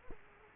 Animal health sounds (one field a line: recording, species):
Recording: mosquito wingbeat signal from an infrared sensor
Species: Culex quinquefasciatus